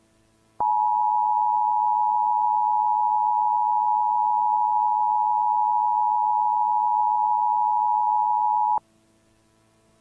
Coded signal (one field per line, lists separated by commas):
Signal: Emergency Alert System (SAME) tones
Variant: 853 and 960 Hz attention tone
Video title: EAS Remake/Mock - POV: Your listening to Miku While there's a tornado at your area. (EAS #16)